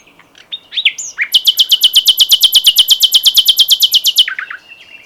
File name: Luscinia megarhynchos